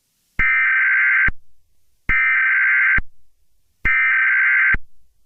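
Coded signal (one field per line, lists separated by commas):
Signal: Emergency Alert System (SAME) tones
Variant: header bursts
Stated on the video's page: Fictional EAS scenario, not a real alert.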